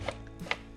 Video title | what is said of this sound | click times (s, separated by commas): Africa Twin New Battery Install | feed that in when it locks in place so | 0.5 s